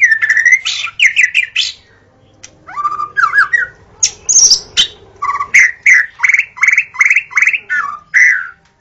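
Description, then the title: White-rumped shama singing harsh buzzy notes and warbles, then a quick series of similar scratchy phrases. Wild song from forest. "Kicau Asli Murai Batu Hutan"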